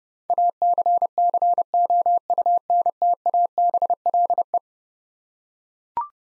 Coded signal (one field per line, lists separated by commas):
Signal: Morse code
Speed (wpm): 29 wpm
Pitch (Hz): 700 Hz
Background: none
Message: ACCOUNTABLE